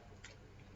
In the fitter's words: it on there, give it a nice little twist until you hear a click. That